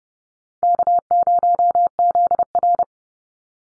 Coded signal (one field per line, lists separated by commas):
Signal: Morse code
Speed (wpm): 30 wpm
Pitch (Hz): 700 Hz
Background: none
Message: K0ZR